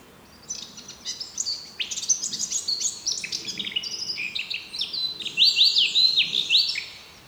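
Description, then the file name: Eurasian blackcap song beginning as a scratchy, fast warble and ending in louder, clear fluty whistles. "Sylvia atricapilla"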